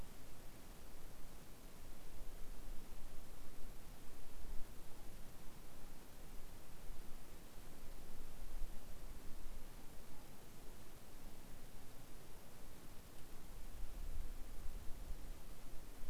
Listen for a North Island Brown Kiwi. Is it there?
no